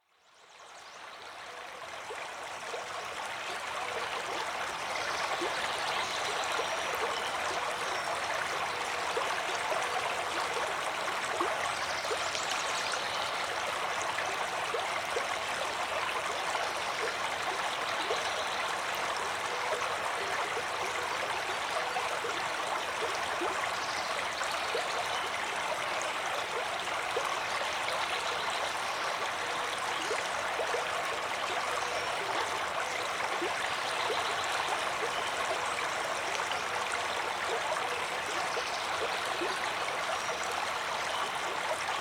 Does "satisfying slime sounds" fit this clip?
no